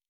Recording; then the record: hydrophone in a shrimp aquaculture tank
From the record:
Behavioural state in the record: normal